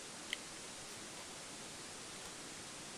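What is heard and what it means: While disassembling a Desert Eagle pistol, the barrel lock pin is pressed in and the steel barrel lock in the frame is rotated forward until it clicks into the release position, freeing the barrel to come forward. A single sharp click sounds at 0.3 s over steady broadband hiss, and the barrel lock is released.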